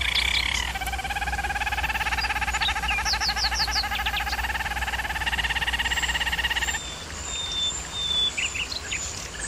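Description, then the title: German Roller canary trilling in fast even pulses for several seconds, then softer scattered chirps and short whistles as the song thins out. German Roller canary singing; canary training video. "German Roller Canary Singing - Canary Training Vid"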